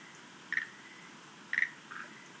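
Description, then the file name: Schlegel's green tree frog uttering two brief pulsed chirps a second apart, followed by a softer third note, against low background hiss. "rodolphe alexis - rhacophorus schlegelii"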